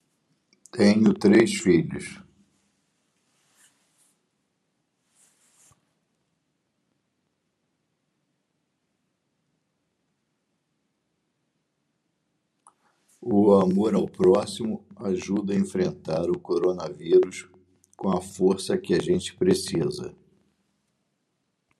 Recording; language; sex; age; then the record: spoken sentence; Brazilian Portuguese; male; 60 to 69 years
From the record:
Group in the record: control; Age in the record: 64 years